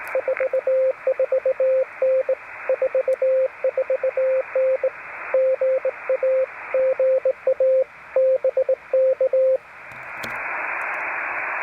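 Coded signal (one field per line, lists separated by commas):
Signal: Morse code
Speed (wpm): 19 wpm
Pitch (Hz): 520 Hz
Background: radio noise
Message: 44N 44N GA GA BK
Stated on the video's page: QRPp CW POTA park activation at one-tenth of a watt, Elecraft K2, 40m homebrew EFHW, Begali Traveler paddle or bug emulator.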